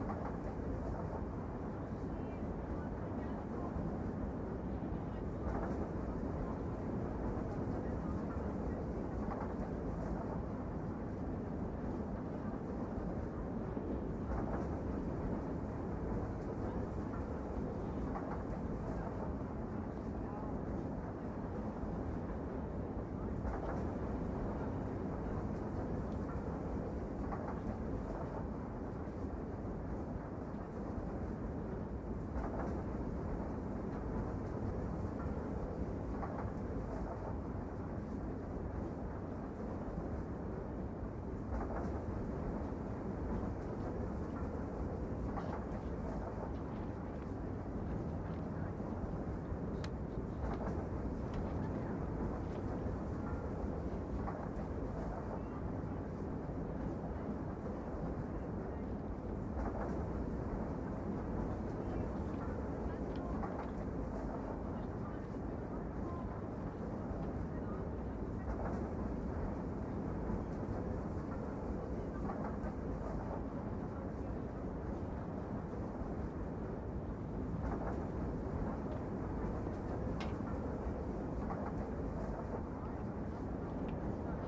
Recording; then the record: background sound without coughing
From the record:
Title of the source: Train Ride Ambience ambient white noise for sleeping, focus, studying, reading